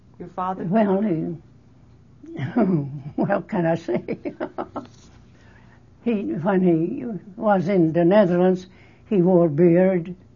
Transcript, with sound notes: Your father?
Well he... What can I say? (laughs) He, when he was in the Netherlands, he wore a beard